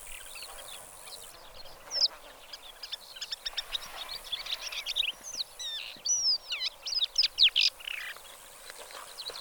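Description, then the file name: Black lark singing a rapid, varied twittering song of high chirps, slurred whistles and short trills. "suara black lark"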